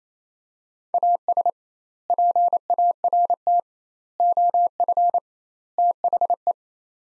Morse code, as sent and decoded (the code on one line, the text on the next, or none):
.- ... / .--. .- .-. - / --- ..-. / - .... .
AS PART OF THE